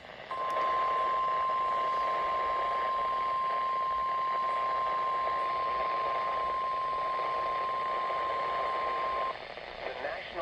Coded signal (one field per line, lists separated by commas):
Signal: Emergency Alert System (SAME) tones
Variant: 1050 Hz attention tone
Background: speech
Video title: Eas Hgx Toa and a retoned Tor on KGG68, KETH-TV KUHT-TV Eas#2148- 2150)